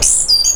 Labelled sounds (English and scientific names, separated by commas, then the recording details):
Stitchbird (Notiomystis cincta) song
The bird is a male
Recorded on Tiritiri Matangi Island, New Zealand, in 2005
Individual 12, of nest box 16